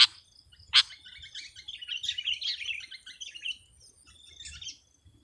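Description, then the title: Sooty-headed bulbul song: two sharp, loud chips, then a quick bubbly warble of mid-pitched notes running for a few seconds before fading. "kutilang"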